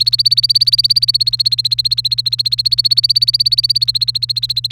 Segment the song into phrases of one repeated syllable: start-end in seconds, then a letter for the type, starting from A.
0.00-4.72 A